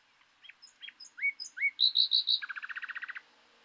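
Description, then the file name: Common nightingale song: soft rising whistles, then four loud pure whistled notes, ending in a rapid rattling trill of many short notes. "Luscinia megarhynchos"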